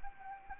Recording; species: mosquito wingbeat signal from an infrared sensor; Anopheles arabiensis